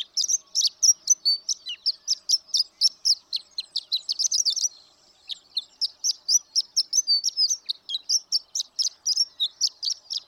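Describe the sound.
Horned lark song: fast, high, glittering chips. One half-second pause splits two long stretches of twittering.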